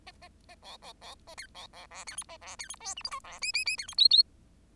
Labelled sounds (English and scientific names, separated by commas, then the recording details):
Bengalese Finch (Lonchura striata domestica) song
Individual Bird10